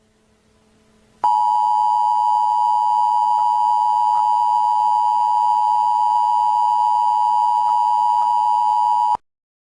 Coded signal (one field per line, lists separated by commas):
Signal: Emergency Alert System (SAME) tones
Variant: 853 and 960 Hz attention tone